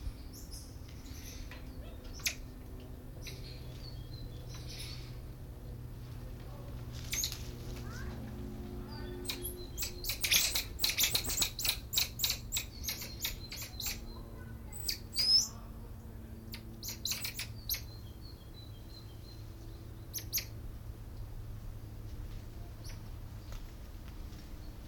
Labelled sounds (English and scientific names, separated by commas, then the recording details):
Common Squirrel Monkey (Saimiri sciureus) call
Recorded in captivity
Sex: group
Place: Tiergarten Nürnberg, Bayern, DE
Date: 1995-09-08
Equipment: Nagra SN, Sennheiser ME 80, Kopie Uher 4000 Report Monitor
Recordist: Tembrock, Günter